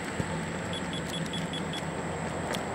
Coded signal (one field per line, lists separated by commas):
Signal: none